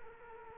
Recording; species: mosquito wingbeat signal from an infrared sensor; Culex quinquefasciatus